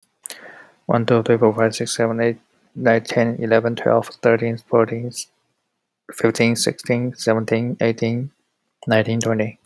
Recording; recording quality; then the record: counting at a fast pace; excellent, no background noise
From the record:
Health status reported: healthy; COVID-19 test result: not tested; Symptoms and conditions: none ticked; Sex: male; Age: 24 years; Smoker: not ticked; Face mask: not worn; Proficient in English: yes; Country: United States